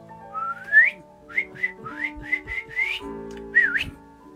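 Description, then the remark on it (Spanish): An angry man whistles as if calling a dog: a series of short, rising whistled notes, about eight chirps in a quick irregular rhythm, starting with a long upward sweep and ending on a higher, sharper call, fairly loud and alone. “Enfadado, el hombre silbó.”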